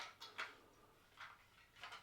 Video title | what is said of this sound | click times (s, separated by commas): Why You're 100% OVERLOOKING the BEST Star Wars Vintage Micro Sets! | And you get a click, and it clicks in, and look at that, beautiful Han Carbonite. | 0.4 s